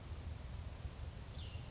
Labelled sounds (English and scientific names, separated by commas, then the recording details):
Cassin's Vireo (Vireo cassinii)
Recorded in Sonoma County, California